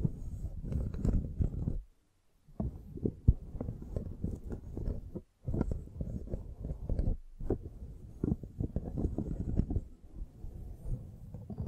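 Brushing and scratching against a microphone, a dense run of low, muffled rubbing strokes with rapid bursts. The scraping pauses briefly near two and five seconds, then resumes in quick, irregular bunches, with a sharp knock just after three seconds.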